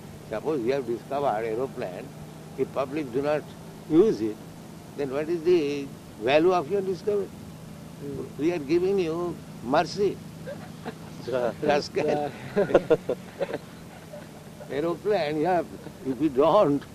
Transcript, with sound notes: Suppose you have discovered aeroplane if public do not use it then what is the value of your discovery? We are giving you mercy. [laughs] Rascal, aeroplane if you don’t